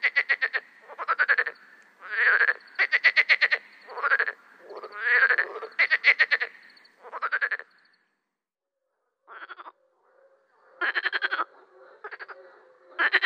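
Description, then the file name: Marsh frog croaking in loud pulsed bursts, each a rapid rattling series of clicks lasting under a second, repeated irregularly, with a longer quiet pause before calling resumes. "grenouille rieuse"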